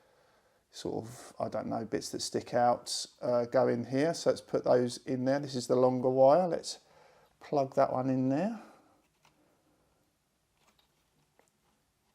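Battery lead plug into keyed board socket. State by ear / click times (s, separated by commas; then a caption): not seated / none. Someone talks while handling a longer wire, lining up its sensor lead connector, a battery lead plug, with a keyed plastic socket on a board and pushing it in. After the talking ends, only a few faint, brief ticks are heard in the quiet. Nothing has seated or clicked yet.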